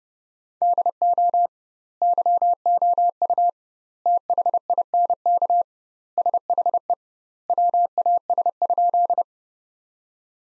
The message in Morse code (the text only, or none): DO YOU THINK SHE WAS?